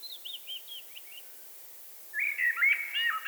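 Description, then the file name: Eurasian blackbird: soft, thin repeated notes at first, then after a pause a loud, rich fluty phrase of looping whistles. "Turdus merula"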